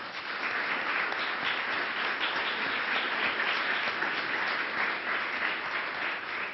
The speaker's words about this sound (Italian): Il miglior ringraziamento è quello del pubblico e degli applausi.